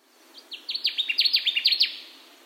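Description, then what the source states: Connecticut warbler song: a rapid series of loud, sharp downslurred notes, swelling in volume, then fading. Recorded on 15 June 2021.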